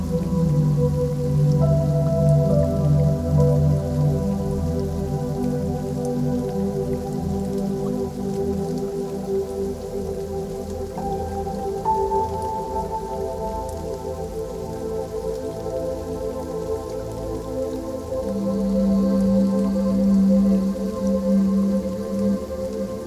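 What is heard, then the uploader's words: Soft rain patters steadily beneath sustained, slowly shifting low music tones, a deep note swelling near the start and again toward the end. 432Hz + 852Hz Music + Rain Sounds.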